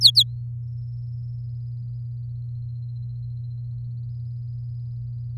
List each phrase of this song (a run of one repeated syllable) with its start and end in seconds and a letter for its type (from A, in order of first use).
0.01-0.23 A